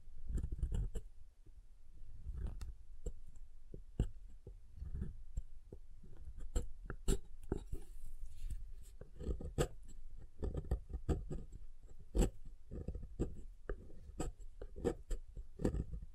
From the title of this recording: SoftHard Soap Tapping and Carving